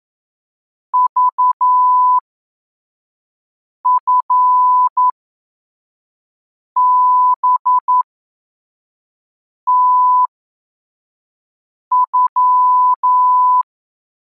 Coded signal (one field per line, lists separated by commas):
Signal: Morse code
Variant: Russian alphabet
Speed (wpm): 11 wpm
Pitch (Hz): 1000 Hz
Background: none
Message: ЖФБТЮ